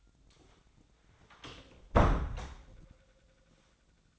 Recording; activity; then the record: daily activity, microphone in the room; close door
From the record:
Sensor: 3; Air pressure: 1009.2 hPa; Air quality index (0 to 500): 186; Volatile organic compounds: 3 ppm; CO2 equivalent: 1503 ppm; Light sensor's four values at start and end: 49/129/56/57 and 49/129/56/57